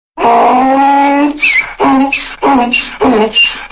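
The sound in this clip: Donkey braying: a long harmonic wheeze, then a series of short, rasping pulses.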